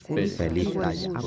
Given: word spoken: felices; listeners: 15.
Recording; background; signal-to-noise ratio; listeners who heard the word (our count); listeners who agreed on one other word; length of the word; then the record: one Spanish word in noise, from a listening test; four-talker babble; -2.0 dB; 3 of 15; 10 of 15; 0.88 s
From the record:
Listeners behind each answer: 10, 3, 1, 1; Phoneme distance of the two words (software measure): 14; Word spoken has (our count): 3 syllables, 7 phonemes, stress on syllable 2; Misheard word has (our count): 2 syllables, 5 phonemes, stress on syllable 2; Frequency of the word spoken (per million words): 20.04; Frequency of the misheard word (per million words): 60.26